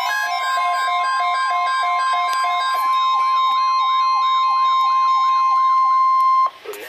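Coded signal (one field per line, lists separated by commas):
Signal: Emergency Alert System (SAME) tones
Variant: 1050 Hz attention tone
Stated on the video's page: Tornado watch received on weather radio transmitter KEC60, Milwaukee, WI.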